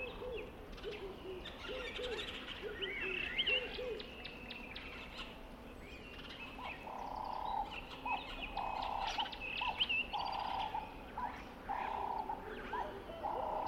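Birdsong fills a dry stretch of the Limpopo River early in the rainy season. Repeated low hooting calls run through the first few seconds, then a steady pattern of mid-pitched hoots recurs about every second from seven seconds on, over bright chirps and twitters.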